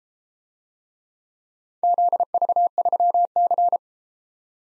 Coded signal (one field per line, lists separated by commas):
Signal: Morse code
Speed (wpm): 31 wpm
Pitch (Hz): 700 Hz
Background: none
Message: ZV3C